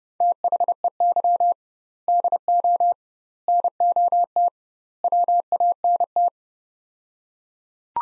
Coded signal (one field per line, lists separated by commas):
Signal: Morse code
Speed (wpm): 32 wpm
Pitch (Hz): 700 Hz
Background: none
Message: THEY DO NOT WANT